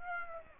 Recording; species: mosquito wingbeat signal from an infrared sensor; Aedes aegypti